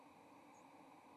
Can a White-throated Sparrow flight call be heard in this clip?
no